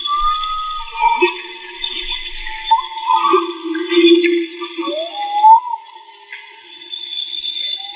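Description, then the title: Humpback whale song with a sequence of varied tonal units, upsweeps and downsweeps, moans and brief whistled rises, over steady higher-pitched background tones. Humpback whale song recorded underwater with a Magma hydrophone in the Gulf of Tribugá during a marine soundscape project. "CANTO DE BALLENAS CON UN HIDROFONO MAGMA MAGMA 2"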